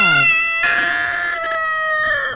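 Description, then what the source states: Chicken crowing, a short falling opening and then one long, strained, steady note that drops and fades at the end. Silkie breed chicken crowing.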